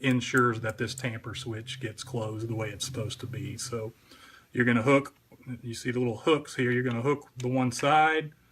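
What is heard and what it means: Someone talks while handling the plastic cover of a Honeywell alarm device during a battery change, hooking one side of the cover onto the housing so it can be closed to shut the tamper switch. No distinct clicks stand out over the speech. The clip ends before the cover goes home, so nothing has snapped into place yet.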